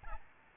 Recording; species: mosquito wingbeat signal from an infrared sensor; Aedes albopictus